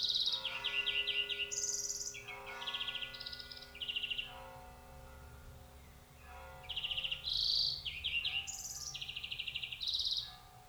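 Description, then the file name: European greenfinch singing fast mixed phrases of rattling trills and buzzy wheezes, with lower tonal whistles from other sounds underneath. "Chloris chloris"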